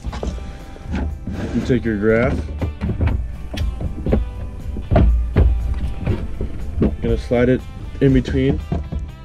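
A Humminbird Helix 5 GPS G2 fish finder display unit is handled and slid between the arms of its plastic gimbal mount bracket while someone talks over background music. Scattered light knocks and handling thumps are heard. Nothing has clicked or seated in the mount yet.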